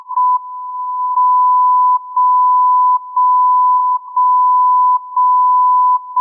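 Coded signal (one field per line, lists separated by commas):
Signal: radio time signal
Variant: JJY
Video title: JJY 60kHz Time signal, Morse code call sign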